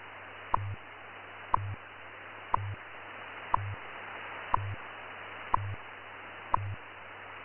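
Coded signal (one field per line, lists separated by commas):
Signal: radio time signal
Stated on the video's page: WWV time standard received on 20 MHz with a FLEX-6500 and Steppir Urban Beam antenna, including the top-of-hour ID, the minute 1 660 Hz tone and part of the minute 2 440 Hz tone.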